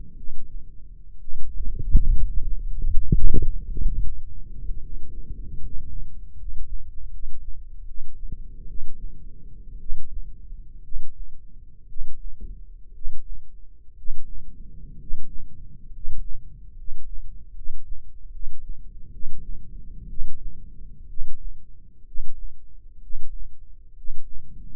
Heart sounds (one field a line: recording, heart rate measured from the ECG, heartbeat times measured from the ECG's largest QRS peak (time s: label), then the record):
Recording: heart sounds by microphone in the left ear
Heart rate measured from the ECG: 66 bpm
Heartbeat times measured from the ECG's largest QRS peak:
0.15 s: heartbeat
1.19 s: heartbeat
2.18 s: heartbeat
3.12 s: heartbeat
3.98 s: heartbeat
4.80 s: heartbeat
5.60 s: heartbeat
6.36 s: heartbeat
7.10 s: heartbeat
7.85 s: heartbeat
8.66 s: heartbeat
9.78 s: heartbeat
10.82 s: heartbeat
11.86 s: heartbeat
12.92 s: heartbeat
13.95 s: heartbeat
14.97 s: heartbeat
15.91 s: heartbeat
16.74 s: heartbeat
17.53 s: heartbeat
18.30 s: heartbeat
19.10 s: heartbeat
20.07 s: heartbeat
21.07 s: heartbeat
22.04 s: heartbeat
22.99 s: heartbeat
23.94 s: heartbeat
From the record:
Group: healthy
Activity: rest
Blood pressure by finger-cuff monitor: 119/68 mmHg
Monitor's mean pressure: 84 mmHg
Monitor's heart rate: 62 bpm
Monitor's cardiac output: 7.4 L/min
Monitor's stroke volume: 116 mL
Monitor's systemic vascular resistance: 800 dyn s/cm5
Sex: male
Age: 23 years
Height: 178 cm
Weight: 96.6 kg